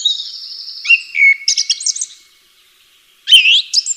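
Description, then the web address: Bird song: a long steady whistle, then a lower drawn-out whistle, quick chirps, and after a short pause a bright rising flourish, all high-pitched with no other sounds. "atelierson sons birds"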